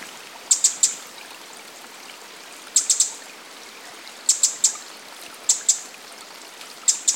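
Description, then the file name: Eurasian wren giving short groups of two or three piercing tick notes at irregular intervals, with a stream flowing steadily in the background. "Troglodytes troglodytes"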